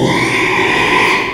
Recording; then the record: squeal of a Yucatan mini pig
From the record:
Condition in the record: after surgery on the right vocal fold (resection and tissue-engineered implant); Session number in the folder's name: 1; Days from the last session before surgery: 6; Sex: male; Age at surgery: 12 weeks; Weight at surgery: 13 kg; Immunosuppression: cyclosporine, prednisolone